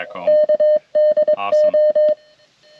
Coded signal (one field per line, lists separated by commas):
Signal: Morse code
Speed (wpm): 22 wpm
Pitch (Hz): 610 Hz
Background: none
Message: KDO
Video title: Gravel Roads and Radio Codes: A Successful CW Activation!